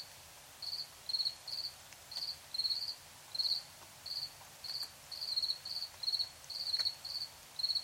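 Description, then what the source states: Cricket chirps in brief buzzy bursts, rapid and slightly irregular, against soft background hiss. Crickets chirping at night in Tiny, Ontario.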